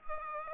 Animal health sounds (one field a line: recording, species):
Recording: mosquito wingbeat signal from an infrared sensor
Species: Culex pipiens